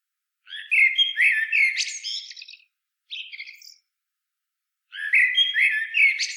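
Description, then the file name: Common blackbird, rich fluting song phrase finishing in shrill squeaks, a brief twittered fragment, then another warbled phrase begins. "Turdus merula"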